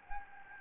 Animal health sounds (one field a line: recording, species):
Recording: mosquito wingbeat signal from an infrared sensor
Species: Anopheles gambiae